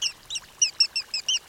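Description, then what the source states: Western Sandpiper calls: a fast series of about seven thin, high, squeaky chips. Breeds in Canada and winters on the coast of Sinaloa, Mexico, feeding in wetlands affected by shrimp farming; locally called el playerito occidental.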